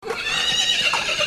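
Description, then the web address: Horse whinny: a high, strained, harmonic neigh held through the whole short moment with a slight waver, no other sounds standing out. "takarabako sound no 5 horse"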